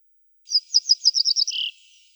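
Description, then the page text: Pine bunting song, a quick series of high chirped notes ending in a lower drawn-out note. Sings trills. "Звуки Овсянки. ЗВУКОДАР"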